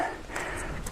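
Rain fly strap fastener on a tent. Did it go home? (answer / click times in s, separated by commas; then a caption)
no / none. A strap fastener on a tent's rain fly is worked after the fly is rolled up the back of the tent, with soft rustling and two brief sharp taps near 0.4 s and 0.9 s. The fastener does not engage, and nothing has latched.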